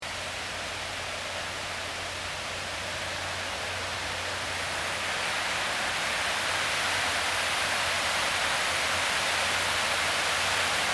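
A waterfall pours in a dense, steady hiss with a faint low hum beneath, swelling slightly louder after about five seconds.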